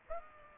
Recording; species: mosquito wingbeat signal from an infrared sensor; Aedes aegypti